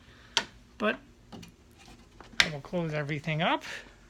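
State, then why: Not seated. A magnetic catch on a wooden cabinet door of an outdoor grill station is handled as the door is being closed, while someone talks, with a sharp tap at 0.4 s and a few faint ticks around 1.3 to 2.2 s. Nothing has seated or clicked shut yet.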